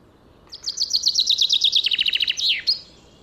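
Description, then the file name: Common chaffinch song, a single rattling series of rapid notes that steps downward in pitch and closes with an emphatic flourish, then one short extra note. "Fringilla coelebs"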